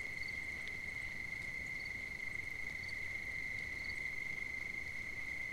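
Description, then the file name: Cricket trilling in one steady, unbroken high-pitched tone that never pauses, with a faint higher shimmer of other insects and low background hiss. At night on 5 September 2009. "20090905 night-crickets"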